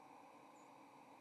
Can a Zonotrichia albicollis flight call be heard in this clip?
yes